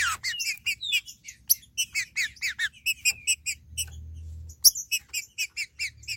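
Green-winged saltator singing: rapid harmonic chips in quick succession with a few descending whistles and a brief pause, over a faint low hum.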